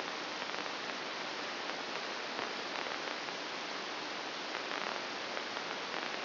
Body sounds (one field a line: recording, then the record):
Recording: brain microelectrode recording played as sound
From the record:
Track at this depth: inside the subthalamic nucleus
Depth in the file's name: 3.366 mm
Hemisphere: left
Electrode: 2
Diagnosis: Parkinson's disease